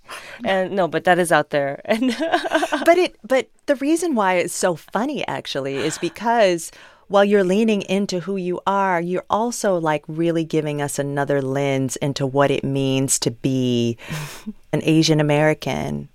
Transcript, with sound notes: And - no, but that is out there. And (laughter)...
But it - the reason why it's so funny, actually, is because, while you're leaning into who you are, you're also, like, really giving us another lens into what it means to be an Asian American.